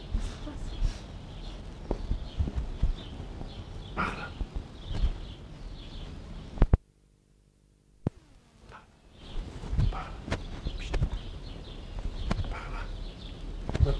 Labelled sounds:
Snow Leopard defence call
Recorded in captivity
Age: adult
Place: Zoo Dresden, Sachsen, DE
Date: 1960-07-18 19:30
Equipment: Reporter, Vollspur
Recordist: Tembrock, Günter
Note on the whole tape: Am Gitter liegend, Abwehrlaute gegen Beobachter. Abstand 1 m

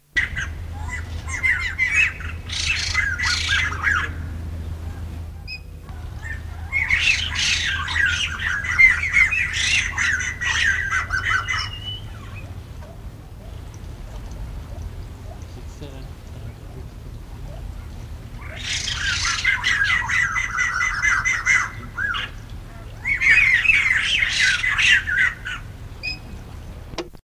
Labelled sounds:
White-crested Laughingthrush song
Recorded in captivity
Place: Zoo Krefeld, Nordrhein-Westfalen, DE
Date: 1975-02-14
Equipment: Halbspur, 9,5 cm/s
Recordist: Lütgens, Hans
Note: Gesang

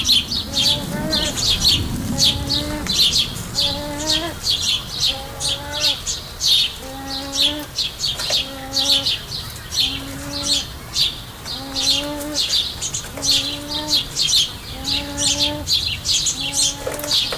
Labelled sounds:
Arabian Partridge call
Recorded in captivity
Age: adult
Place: Tierpark Berlin, Berlin, DE
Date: 1999-07-31 16:56
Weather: heiter, 26°C
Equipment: Sony WM-D6C, Sennheiser ME 80, Kopie Uher 4000 Report Monitor
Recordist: Tembrock, Günter

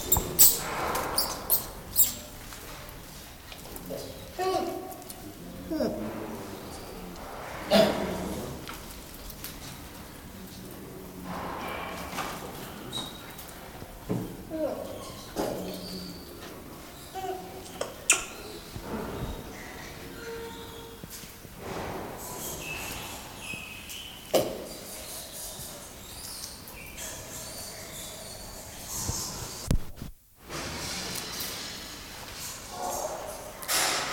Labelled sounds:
Lion-tailed Macaque call
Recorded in captivity
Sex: group
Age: adult
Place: Zoo Dresden, Sachsen, DE
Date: 1997-02-14 15:43
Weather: heiter bis wolkig, 5 bis 7°C
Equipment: Nagra SN, Kopie Uher 4000 Report Monitor
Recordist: Tembrock, Günter

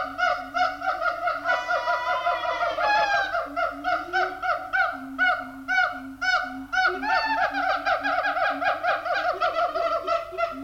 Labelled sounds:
Siamang
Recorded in captivity
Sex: diverse
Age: diverse
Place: Zoo Berlin, Berlin, DE
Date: 1984-12-07 10:25
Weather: sonnig, 5°C
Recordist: Tembrock, Günter

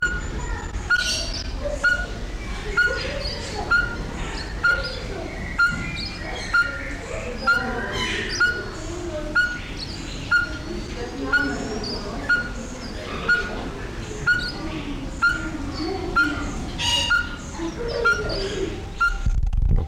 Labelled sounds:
Speckled Tinkerbird call
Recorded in captivity
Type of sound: call, call sequence
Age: adult
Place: Zoo Berlin, Berlin, DE
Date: 1993-03-20 10:54
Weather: 5-8 ° C, böiger Wind
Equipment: Marantz CP 430, Sennheiser ME 80, Kopie Uher Variocord 263
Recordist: Tembrock, Günter
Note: Lautsequenz, Einzeltier (1 m)

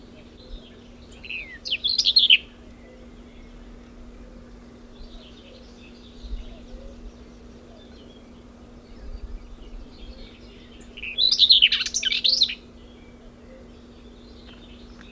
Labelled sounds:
Common Whitethroat
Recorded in the wild
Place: Lakatnik, Sofia, BG
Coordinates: 43.053, 23.409
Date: 1974-05-18
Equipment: Nagra III BH, Sennheiser MD 21, parabola
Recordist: Schubert, Michael

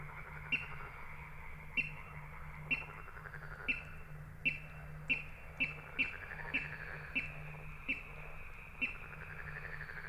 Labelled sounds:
Water Rail
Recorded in the wild
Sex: male
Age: adult
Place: Kützerhof, Kummerower See, Mecklenburg-Vorpommern, DE
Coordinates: 53.85, 12.8597
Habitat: wetland
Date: 2008-05-15
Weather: klare Nacht, zunehmender Halbmond, 10°C, windstill
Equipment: Sound Devices 702, Sennheiser MKH 70, Windkorb
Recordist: Frommolt, Karl-Heinz

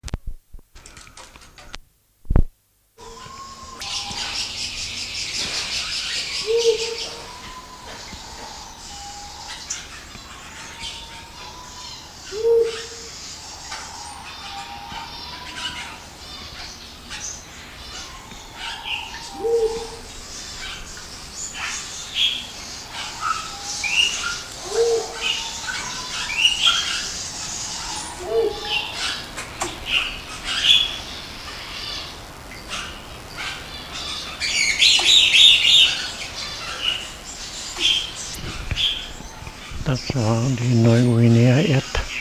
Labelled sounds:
Thick-billed Ground Pigeon call
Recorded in captivity
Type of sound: call
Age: adult
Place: Zoo Berlin, Berlin, DE
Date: 2001-11-15 15:02
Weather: cloudy, 4°C
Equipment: Marantz CP 130, Sennheiser MKH 416, Kopie Uher 4000 Report Monitor
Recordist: Tembrock, Günter
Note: Lautfolge (am Boden), Entfernung 5 m

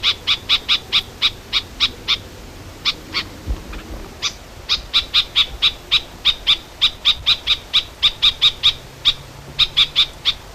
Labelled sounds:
Red-backed Shrike call
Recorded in the wild
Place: Elnhausen, DE
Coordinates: 50.8156, 8.6825
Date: 1964-08-25
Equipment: Uher Report 4000, AKG D190
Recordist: Krey, Winfried
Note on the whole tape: Rufe

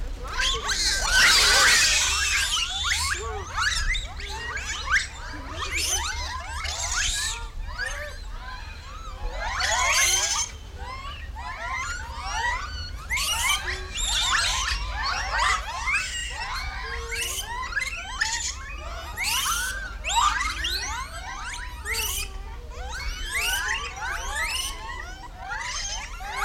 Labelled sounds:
Japanese Macaque
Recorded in captivity
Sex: diverse
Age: diverse
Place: Zoo Berlin, Berlin, DE
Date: 1994-07-16
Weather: sonnig, 22-26°C
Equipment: Marantz CP 430, Sennheiser ME 80, Kopie Uher Variocord 263
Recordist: Tembrock, Günter

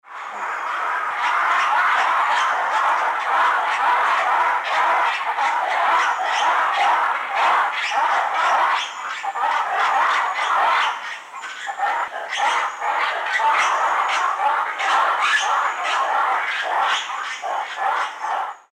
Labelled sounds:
Black-and-white Ruffed Lemur
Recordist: Tembrock, Günter
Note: Gruppenrufe

